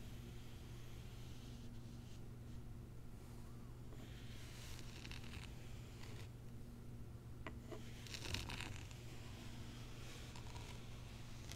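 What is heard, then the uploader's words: A zen garden is unboxed, with crinkly rustling bursts of packaging around two, five and eight to nine seconds, plus a few sharp clicks. A steady low hum runs underneath the whole time, and the overall loudness stays fairly even. ASMR Icnbuys Zen Garden Unboxing No Talking.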